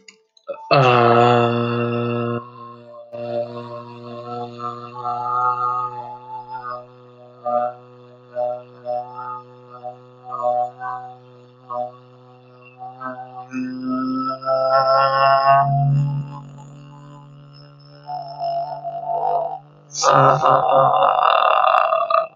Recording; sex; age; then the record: vowel held as long as possible; male; 20 to 29 years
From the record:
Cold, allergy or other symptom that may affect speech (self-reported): no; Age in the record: 24 years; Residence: Illinois, United States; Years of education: 12